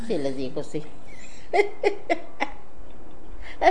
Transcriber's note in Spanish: risas